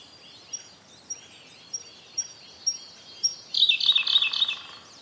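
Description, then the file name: Siberian blue robin song: six thin high notes, spaced about half a second apart and growing louder, then a fast bright rattling trill. "koruri"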